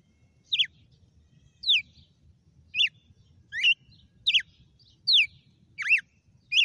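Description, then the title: Red-cowled cardinal song: crisp descending whistles repeated every second or less against quiet low background noise. Female bird. "Canto Galo Campina Fêmea. GALO DE CAMPINA FENRIR"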